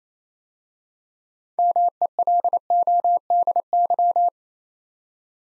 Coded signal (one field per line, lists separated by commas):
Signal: Morse code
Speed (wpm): 28 wpm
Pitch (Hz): 700 Hz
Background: none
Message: MELODY